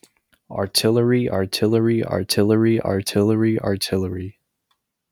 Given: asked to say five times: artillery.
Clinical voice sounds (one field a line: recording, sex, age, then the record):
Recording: repeated word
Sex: male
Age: 20 to 29 years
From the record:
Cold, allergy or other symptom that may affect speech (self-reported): no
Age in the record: 21 years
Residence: North Carolina, United States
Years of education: 16